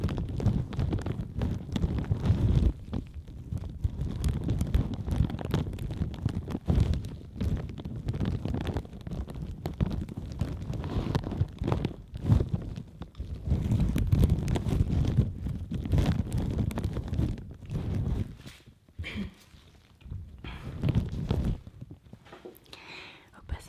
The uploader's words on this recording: ASMR French 5 Triggers (Latex gloves, Mic brushing, Plastic on mic, tweezers.)